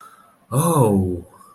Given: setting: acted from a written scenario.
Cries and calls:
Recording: vocal sound without words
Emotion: amusement

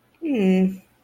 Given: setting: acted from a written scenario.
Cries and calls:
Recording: vocal sound without words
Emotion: neutral

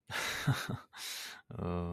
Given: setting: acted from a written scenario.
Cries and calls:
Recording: vocal sound without words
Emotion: contempt

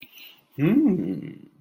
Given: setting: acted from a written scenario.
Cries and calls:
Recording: vocal sound without words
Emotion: interest

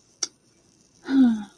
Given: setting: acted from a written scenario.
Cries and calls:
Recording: vocal sound without words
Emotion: disappointment

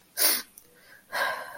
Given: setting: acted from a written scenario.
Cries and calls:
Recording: vocal sound without words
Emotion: sadness

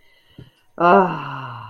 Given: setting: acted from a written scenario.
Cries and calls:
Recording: vocal sound without words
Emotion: contentment

